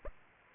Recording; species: mosquito wingbeat signal from an infrared sensor; Aedes aegypti